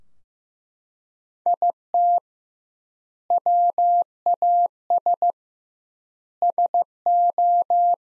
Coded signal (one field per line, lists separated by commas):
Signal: Morse code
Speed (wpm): 15 wpm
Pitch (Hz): 700 Hz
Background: none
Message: IT WAS SO